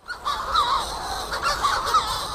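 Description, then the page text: Manx Shearwater calls: a harsh, wavering crowing with nasal overtones, in a few phrases. Manx Shearwater, species featured on BBC Radio 4's Tweet of the Day. "Manx Shearwater oldest known British bird at 50-Manx Radio"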